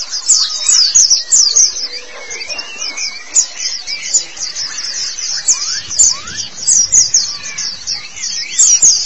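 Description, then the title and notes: White-eye song: a continuous stream of very high, rapid twittering and chirping notes with fast overlapping phrases, lower chirps scattered beneath. "Kicauan Burung Pleci Durasi Panjang. Suara kicauan burung pleci"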